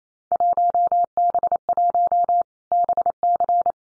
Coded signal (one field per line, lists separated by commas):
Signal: Morse code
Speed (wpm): 28 wpm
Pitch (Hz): 700 Hz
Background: none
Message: 1B1 BC